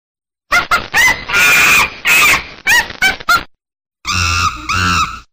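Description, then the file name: Monkey calls: a quick run of short squeaky, screechy notes and longer shrill cries, then after a brief silence two harsher, buzzier drawn-out calls. "macaco"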